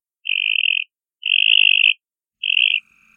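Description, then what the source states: Northern mockingbird imitating a frog, three buzzy trilled notes at one steady pitch, each lasting under a second, with short silent gaps between. Mockingbird imitating a Cope's gray tree frog call.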